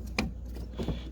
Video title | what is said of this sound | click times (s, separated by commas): How to Replace Headlight Bulb 2012 Toyota Corolla (Passenger Side) | So it locks into place. | 0.2 s